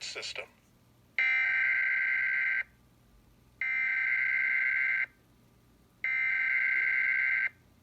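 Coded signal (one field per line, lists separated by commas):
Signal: Emergency Alert System (SAME) tones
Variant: header bursts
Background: speech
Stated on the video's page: EAS Required Monthly Test tones received from local broadcast and cable (COX) in Fredericksburg.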